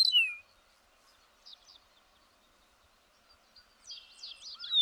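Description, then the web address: Bird song in brief high whistles at the start and end, with soft chirps between and quiet background hiss. "birdsong 162"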